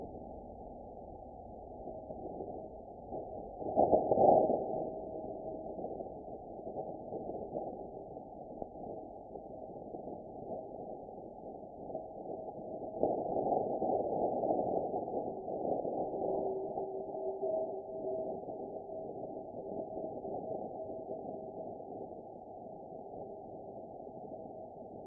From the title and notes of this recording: NASA’s InSight Records the Sound of a Martian Impact. InSight’s seismometer records seismic signals that are not in the range of human hearing. In order to make the signals audible, the data was sped up 100 times.